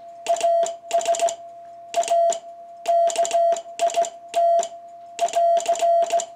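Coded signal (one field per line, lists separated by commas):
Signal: Morse code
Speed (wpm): 17 wpm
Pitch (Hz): 660 Hz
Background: none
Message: AS A KIT <AR>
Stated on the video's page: On-air demonstration of a 1948 Micamold XTR-1 kit transmitter with a clean, chirp-free signal; the slight warble comes from side-tone pickup, not the signal.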